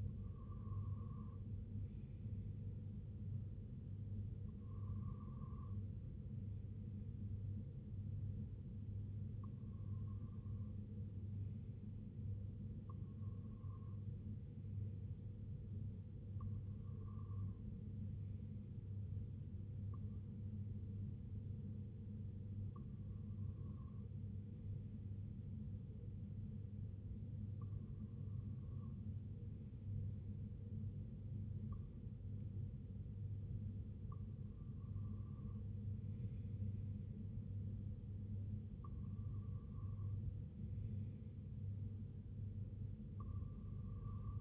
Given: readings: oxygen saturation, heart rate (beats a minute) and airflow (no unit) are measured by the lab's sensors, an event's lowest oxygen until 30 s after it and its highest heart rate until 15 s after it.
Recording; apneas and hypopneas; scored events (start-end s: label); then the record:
breathing in sleep by a smartphone at the bedside; none
none scored
From the record:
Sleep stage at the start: REM sleep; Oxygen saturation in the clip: 94 to 96%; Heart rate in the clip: 66 to 73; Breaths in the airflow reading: 9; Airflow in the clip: -5.3 to 2.9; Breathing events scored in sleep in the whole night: 258 in 7.4 hours asleep